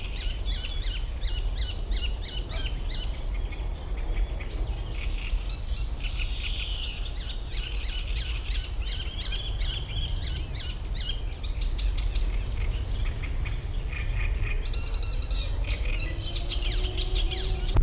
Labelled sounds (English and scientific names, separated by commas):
Icterine Warbler (Hippolais icterina)